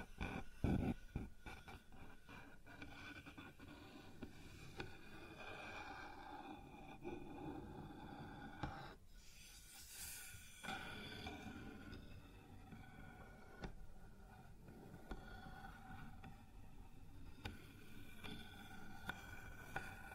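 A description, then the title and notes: Sounds on a wooden surface: a cluster of sharp knocks opens the first second, then scattered taps and clicks recur every few seconds. Between them a steady, tonal hum with bright ringing bands persists, with a brief hissy swell near ten seconds. ASMR Sounds on Wooden Surface (No Talking).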